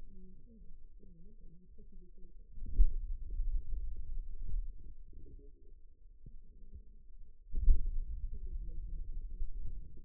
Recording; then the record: forearm muscle sounds (acoustic myography)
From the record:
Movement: hand closing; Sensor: system 2, bracelet of six BSWA MPA416 microphones around the upper forearm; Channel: 4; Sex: male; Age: 22 years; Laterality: right